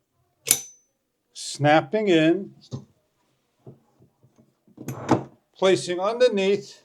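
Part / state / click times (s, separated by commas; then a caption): pole locking clip into cabinet jack tube / seated / 0.5 s. The adjustable pole of a cabinet support jack is lowered and lined up with a marked line until its spring clip snaps into the locking position in the jack tube. A single sharp click is heard at 0.5 s, followed by someone talking. The pole clip is seated and locked in place.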